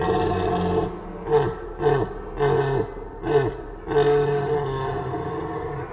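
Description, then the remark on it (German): A conch shell blown by a poacher to imitate the rutting call of a young stag seeking a female and open to a small fight: a rough, droning bellow with four short swelling groans in a row, then one long sustained roar that slowly fades. “Ich mache also den jüngeren Hirsch, der nach einem Tier sucht und einer kleinen Rauferei nicht abgeneigt ist.”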